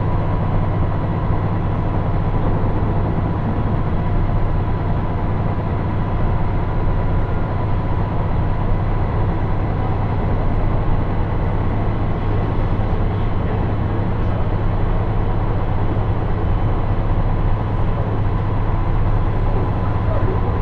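Inside a KiHa 110 series diesel railcar running on the IGR Iwate Ginga Railway and JR Hanawa Line from Morioka toward Ōbuke. A steady, heavy low rumble with an engine drone holds throughout, joined by a thin whining tone. Loudness barely changes across the stretch.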